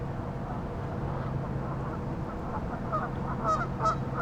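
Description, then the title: Goose: geese giving soft, scattered honks under a low steady drone, with two sharper, brighter calls standing out near the end. "neoscenes: geese"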